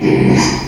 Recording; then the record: squeal of a Yucatan mini pig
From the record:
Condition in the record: after surgery on the right vocal fold (resection and tissue-engineered implant); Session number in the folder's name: 2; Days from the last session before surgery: 13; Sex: male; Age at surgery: 12 weeks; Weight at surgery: 13 kg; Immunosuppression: cyclosporine, prednisolone